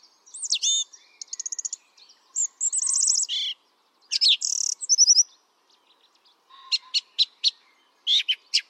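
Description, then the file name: Song thrush song: varied phrases in quick succession, rapid repeated notes, rattling trills and bright whistles, followed by a series of sharp clicks and high notes. "singdrossel"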